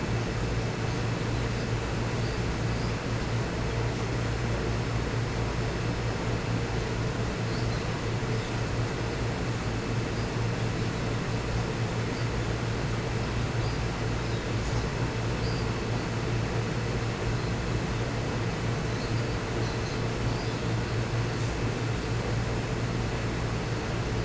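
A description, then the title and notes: A pet store's back aquarium room fills with a constant drone of pumps and filters, a deep steady hum under a dense, unbroken wash of bubbling hiss. Faint high chirps or clicks surface now and then, around eight, fifteen and twenty seconds. Back Room Aquarium at the Pet Store.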